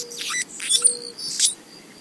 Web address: Songs of Birds of North America Know Your Bird Sounds Common Western Species Annas Hummingbird